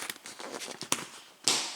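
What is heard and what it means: The plastic bumper-guard section of a Volvo full cargo area cover (31435694) is pressed down into its mounting in the rear cargo area trim, with soft handling rustles leading up to it. Sharp snaps ring out at 0.9 s and 1.5 s as the guard seats firmly in place.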